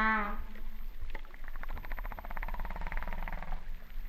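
Humpback whale call: a brief harmonic cry at the start, then a long buzzy pulsed sound with faint tonal bands, over low rumble.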